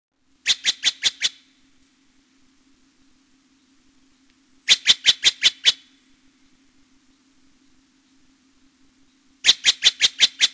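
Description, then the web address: Steller's Jay uttering rapid bursts of several harsh, clipped notes, each burst repeated roughly every four to five seconds, with a low steady hum beneath. "Peterson North American Birds"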